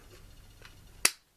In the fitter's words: there you go the satisfying click of all these dinosaur toys that's what I like